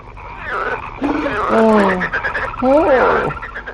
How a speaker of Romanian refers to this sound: Clinchetul acesta divin, numit orăcăit, iese din gâtlejul unor animale care trăiesc în mlaștin și se numesc broaște.